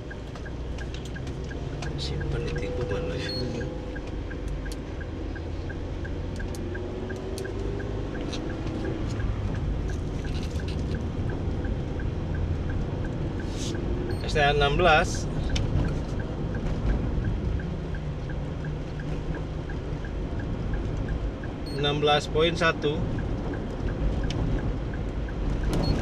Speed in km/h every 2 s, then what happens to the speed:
27, 32, 34, 35, 37, 40, 44, 47, 49, 51, 51, 49, 48.
0-18 speeds up to 51. 18-26 steady at about 49.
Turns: none.